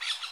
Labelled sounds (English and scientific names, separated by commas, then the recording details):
Brown-throated Parakeet (Eupsittula pertinax) contact call
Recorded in Curacao